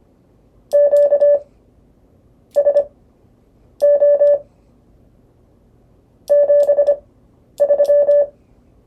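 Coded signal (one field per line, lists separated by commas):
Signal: Morse code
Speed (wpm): 25 wpm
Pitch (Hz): 580 Hz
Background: none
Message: QSO 73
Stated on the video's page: Lesson on CW prosigns.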